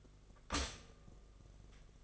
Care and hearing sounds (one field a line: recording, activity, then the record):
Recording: daily activity, microphone in the room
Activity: stop toaster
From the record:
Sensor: 4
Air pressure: 1005.0 hPa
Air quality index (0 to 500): 186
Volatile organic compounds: 5 ppm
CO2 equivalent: 1827 ppm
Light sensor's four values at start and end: 18/60/22/21 and 17/56/21/19